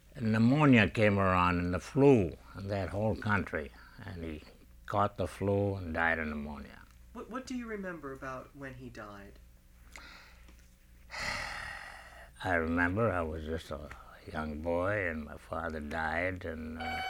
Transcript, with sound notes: pneumonia came around and the flu in that whole country, and he caught the flu and died of pneumonia.
What do you remember about when he died?
( he sighs ) I remember I was just a little young boy, and my father died, and, uh...